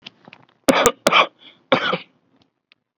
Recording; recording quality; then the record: heavy voluntary cough; excellent, no background noise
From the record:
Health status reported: COVID-19 positive, mild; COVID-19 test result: positive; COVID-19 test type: RT-PCR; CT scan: not taken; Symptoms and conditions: cough, breathing difficulty, fatigue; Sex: male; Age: 30 years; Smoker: no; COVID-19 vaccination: none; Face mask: not worn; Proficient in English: yes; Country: India